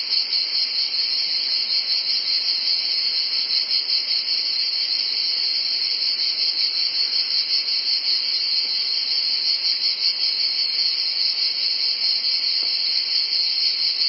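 Cicada chorus, a long steady shrill buzz with gentle rapid pulsing and no pauses.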